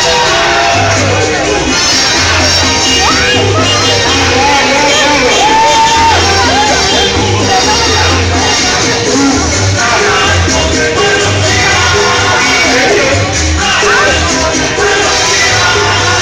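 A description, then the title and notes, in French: A street in Caracas, full of overlapping voices and crowd chatter that stays dense and steady throughout. A low, pulsing hum throbs in short regular bursts underneath, like bass from music or an engine, while occasional brighter tones rise briefly around the sixth second. Petite vidéo d’ambiance (rues de Caracas).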